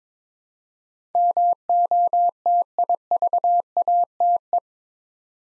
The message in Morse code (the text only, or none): MOTIVATE